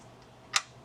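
A bolt being started by hand into an alternator mounting hole is turned backwards (left) until the thread ends drop past each other with a single small, sharp click at 0.6 s. The click shows the thread is aligned and seated before tightening. Otherwise the clip is quiet low background noise.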